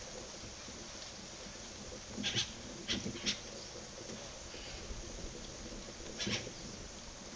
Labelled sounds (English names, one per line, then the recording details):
Yellow-rumped Cacique
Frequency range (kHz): Yellow-rumped Cacique 1.0-10.4 kHz
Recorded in secondary vegetation near Puerto Asís, Putumayo, Colombia, on 24 June 2025 at 15:00
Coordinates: 0.489, -76.322
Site G021